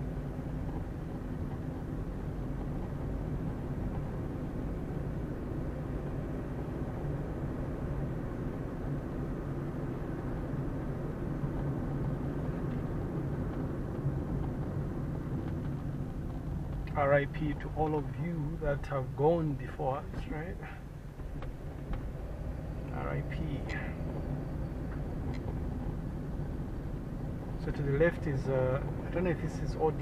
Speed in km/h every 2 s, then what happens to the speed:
26, 28, 31, 35, 37, 37, 37, 30, 18, 13, 12, 18, 24, 25, 27.
0-8 speeds up to 37. 12-20 slows to 12. 20-30 speeds up to 27.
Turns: none.